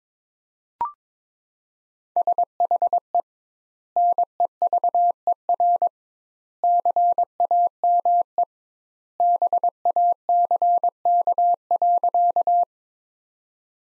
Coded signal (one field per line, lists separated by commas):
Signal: Morse code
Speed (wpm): 22 wpm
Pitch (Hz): 700 Hz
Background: none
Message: SHE NEVER CAME BACK.